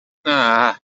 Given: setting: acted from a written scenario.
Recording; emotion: vocal sound without words; disappointment